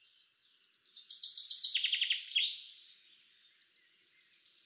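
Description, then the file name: Common chaffinch singing one quick phrase of rattling notes that drop in pitch, closing with a flourish, followed by faint high twittering. "Fringilla coelebs"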